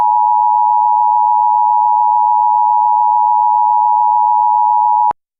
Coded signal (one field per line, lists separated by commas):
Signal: Emergency Alert System (SAME) tones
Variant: 853 and 960 Hz attention tone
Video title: hawk tuah eas scenario